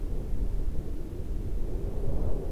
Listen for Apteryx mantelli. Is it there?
no